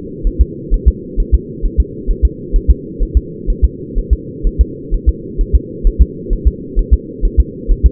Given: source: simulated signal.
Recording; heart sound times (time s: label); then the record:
fetal heart sounds
0.27 s: S1
0.41 s: S2
0.74 s: S1
0.88 s: S2
1.20 s: S1
1.34 s: S2
1.66 s: S1
1.80 s: S2
2.11 s: S1
2.25 s: S2
2.56 s: S1
2.70 s: S2
3.03 s: S1
3.17 s: S2
3.50 s: S1
3.65 s: S2
3.98 s: S1
4.13 s: S2
4.47 s: S1
4.61 s: S2
4.94 s: S1
5.09 s: S2
5.41 s: S1
5.55 s: S2
5.87 s: S1
6.02 s: S2
6.33 s: S1
6.47 s: S2
6.79 s: S1
6.93 s: S2
7.25 s: S1
7.40 s: S2
7.71 s: S1
7.86 s: S2
From the record:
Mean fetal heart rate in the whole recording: 130 bpm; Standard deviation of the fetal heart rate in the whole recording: 4 bpm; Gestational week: 38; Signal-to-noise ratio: -4.1 dB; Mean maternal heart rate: no maternal heart sound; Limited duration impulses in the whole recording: absent